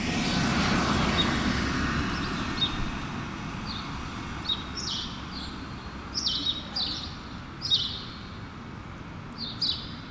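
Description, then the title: Sparrow chirping, sparse at first then a run of sharp falling chirps, as louder traffic noise fades at the start. Sparrows on Rue Keyenveld, Ixelles, Brussels, Belgium, an urban street with cars and people passing; recorded with a Lom Usi Pro AB microphone pair into a Zoom F6. "Rue Keyenveld, Ixelles, Bruxelles-Capitale, Belgique - Sparrows - moineaux"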